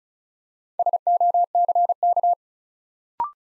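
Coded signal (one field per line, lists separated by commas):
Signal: Morse code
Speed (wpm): 36 wpm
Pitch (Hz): 700 Hz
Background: none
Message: SOCK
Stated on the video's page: Morse practice building 4-letter words two letters at a time at 35 wpm, for instant character recognition.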